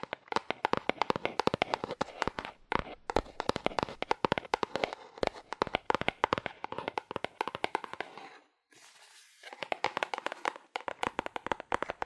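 Fast, aggressive tapping on cardboard, a dense stream of sharp, dry knocks with uneven rhythm and bursts of louder hits. Around eight and a half seconds the tapping stops briefly, leaving a soft hiss, then the quick tapping resumes to the end.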